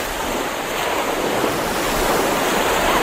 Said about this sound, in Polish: Plaża też bałtycka, ale... Proszę posłuchać. Słyszą państwo? To morze.